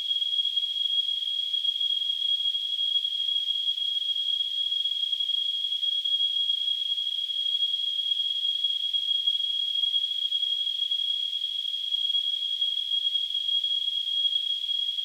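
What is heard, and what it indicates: A steady, unbroken high-pitched tone near 3 kHz with a faint hiss around it, holding constant for the full fifteen seconds. This is a simulated tinnitus sound, imitating the continuous ringing a person with tinnitus perceives.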